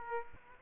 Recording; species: mosquito wingbeat signal from an infrared sensor; Aedes aegypti